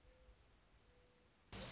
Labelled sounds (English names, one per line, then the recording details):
Mourning Dove
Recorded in Sonoma County, California